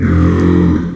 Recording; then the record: squeal of a Yucatan mini pig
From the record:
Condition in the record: after surgery on the right vocal fold (resection and tissue-engineered implant); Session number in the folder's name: 13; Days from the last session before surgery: 113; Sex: female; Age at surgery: 19 weeks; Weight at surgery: 25 kg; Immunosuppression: prednisolone